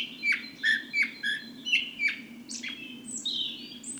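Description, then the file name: Common blackbird giving a series of short sharp notes about three a second, followed by higher sliding squeaky sounds, over a steady low background hum. "Turdus merula"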